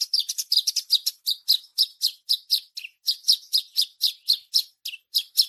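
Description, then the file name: Bush lark singing rapid, bright chirping notes, at first crowded together and then spaced at roughly four per second, high and clear, with nothing else audible. Javan bush lark (branjangan) song described with the Indonesian word gacor. "suara branjangan gacor"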